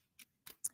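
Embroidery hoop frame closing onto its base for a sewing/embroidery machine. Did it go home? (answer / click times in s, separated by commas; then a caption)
yes / 0.5 s, 0.7 s. A magnetic/snap embroidery hoop frame of plastic and metal is closed over stabilizer or fabric onto its base on a sewing/embroidery machine. A faint tick at 0.2 s is followed by two sharp clicks at 0.5 s and 0.7 s as the hoop clicks easily into place, seated.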